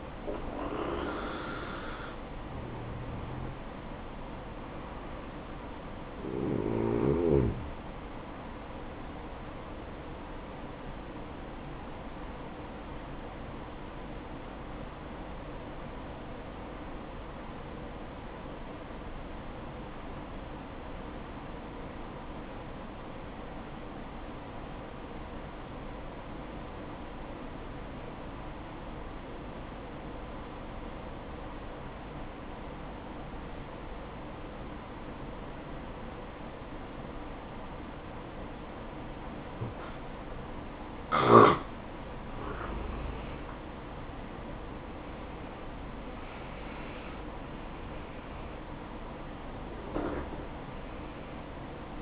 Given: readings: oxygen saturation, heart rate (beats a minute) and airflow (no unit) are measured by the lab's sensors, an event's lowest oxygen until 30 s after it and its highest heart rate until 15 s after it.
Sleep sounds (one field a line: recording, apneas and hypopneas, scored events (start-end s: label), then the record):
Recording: breathing in sleep by a voice recorder at the bedside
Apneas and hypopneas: 1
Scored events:
13.00-43.20 s: obstructive apnea (N1, oxygen 96% highest, then 85% lowest, heart rate 63 at the start, 69 highest)
From the record:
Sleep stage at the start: N1 (lightest sleep)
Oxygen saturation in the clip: 84 to 96%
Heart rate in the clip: 59 to 69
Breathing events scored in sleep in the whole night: 573 in 9.8 hours asleep